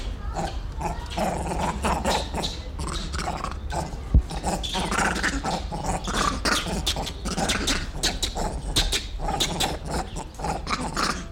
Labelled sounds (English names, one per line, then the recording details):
Grivet
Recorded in captivity
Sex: group
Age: diverse
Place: Zoo Berlin, Berlin, DE
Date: 1994-04-02 10:28
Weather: wolkig bis heiter, 8-10°C
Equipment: Marantz CP 430, Sennheiser ME 80, Kopie Uher Variocord 263
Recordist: Tembrock, Günter